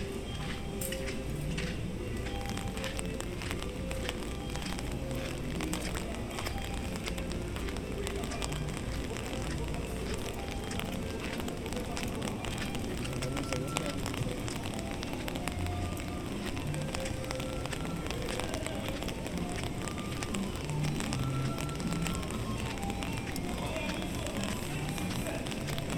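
A walk through Animal Kingdom park at Walt Disney World, carried by a dense, steady wash of crowd murmur. Short crackling and clicking sounds come through constantly, with scattered voices rising briefly out of the mix. The level holds even throughout.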